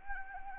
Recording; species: mosquito wingbeat signal from an infrared sensor; Anopheles arabiensis